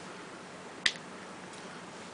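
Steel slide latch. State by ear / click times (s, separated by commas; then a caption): released / 0.9 s. With the takedown button pushed in, the takedown lever on a Beretta 92-D pistol frame is rotated down, and the slide unlocks and moves forward with a single sharp click at 0.9 s. The slide is released, sitting about a quarter of an inch forward of flush, and only faint background noise follows.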